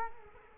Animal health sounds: mosquito wingbeat signal from an infrared sensor; Culex quinquefasciatus

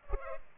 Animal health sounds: mosquito wingbeat signal from an infrared sensor; Culex pipiens

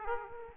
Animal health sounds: mosquito wingbeat signal from an infrared sensor; Aedes aegypti

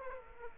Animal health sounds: mosquito wingbeat signal from an infrared sensor; Aedes aegypti

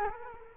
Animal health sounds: mosquito wingbeat signal from an infrared sensor; Culex quinquefasciatus

